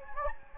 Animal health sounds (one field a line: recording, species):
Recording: mosquito wingbeat signal from an infrared sensor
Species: Anopheles gambiae